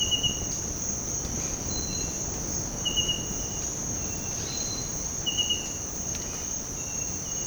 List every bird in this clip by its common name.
none